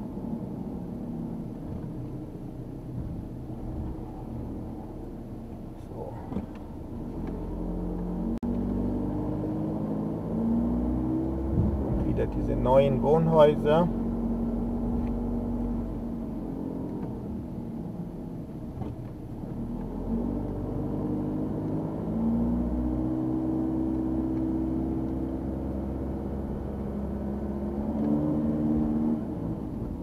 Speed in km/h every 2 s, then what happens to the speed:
19, 13, 9, 10, 14, 25, 28, 28, 24, 14, 17, 23, 25, 25, 29.
0-5 slows to 9. 5-13 speeds up to 28. 15-18 brakes to 14. 19-30 speeds up to 29.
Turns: none.